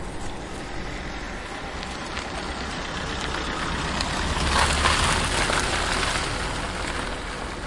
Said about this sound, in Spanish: Es una noche oscura. Un coche avanza lentamente por una carretera desierta.